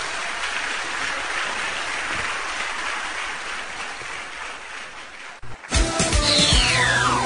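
An audience at a sermon applauds the Lord Jesus in a dense, steady roar of clapping for about five seconds, then it cuts off abruptly and a musical jingle with a gliding high tone begins.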